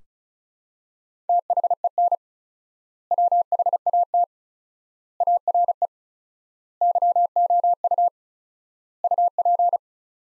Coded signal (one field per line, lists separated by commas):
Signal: Morse code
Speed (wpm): 34 wpm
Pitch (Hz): 700 Hz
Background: none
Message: THEN WHAT ARE YOU UP